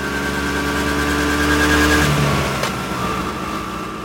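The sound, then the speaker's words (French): A small engine drones steadily with a buzzing, harmonic hum that shifts pitch slightly as it speeds along, with a brief click partway through and no voices. “Extérieur jour, route entre Rome et Ostie. Judith et François roulent en scooter à toute allure.”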